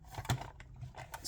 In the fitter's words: One sides in, snapped into place.